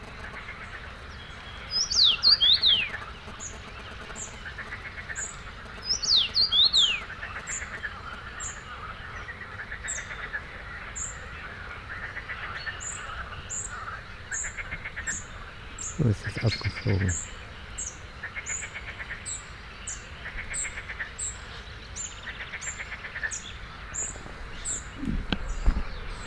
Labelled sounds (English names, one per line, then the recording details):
Common Rosefinch song
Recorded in the wild
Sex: male
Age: adult
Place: Gartz (Oder), Nationalpark Unteres Odertal, Brandenburg, DE
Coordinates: 53.1485, 14.3622
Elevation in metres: 1
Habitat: wetland
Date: 2014-05-21 05:17
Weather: cloudy, 10°C, almost windless
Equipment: Sound Devices 702, Sennheiser MKH 70, Rycote Windschutz
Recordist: Frommolt, Karl-Heinz